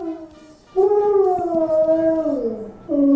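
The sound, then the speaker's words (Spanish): A dog lets out a long, wavering howl that glides slowly down in pitch like a whale call, preceded by a softer tone and followed by the start of another loud howl. “¿Esa es Pupé? ¡Ay, Pupé! ¡Qué graciosa! ¡Hizo el ruido de una ballena!”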